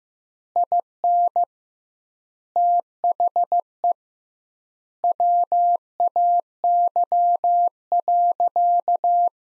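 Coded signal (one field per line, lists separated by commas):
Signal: Morse code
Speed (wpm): 15 wpm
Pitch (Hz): 700 Hz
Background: none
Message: IN THE WAY.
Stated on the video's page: Sentences built from the top 400 words, sent at 15 wpm with double word spacing; a head-copy practice drill similar to the Farnsworth method.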